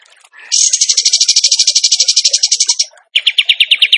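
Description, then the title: Bird song: a loud, rapid trill of over two seconds, a short break, then a lower pulsed trill. Masteran training recording of bird song in the tembakan gacor style. "Masteran Burung Tembakan Gacor"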